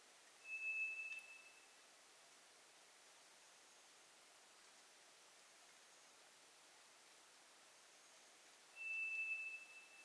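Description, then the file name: White's thrush whistling a single long, flat, eerie note, a long silence of about eight seconds, then the same pure whistle again, with constant background hiss. Recorded on 2 July 2007. "toratugumi-20070702"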